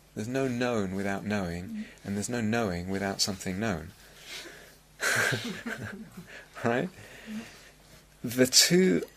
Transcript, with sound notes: There's no known without knowing, and there's no knowing without something known. [laughter] Right? The two are...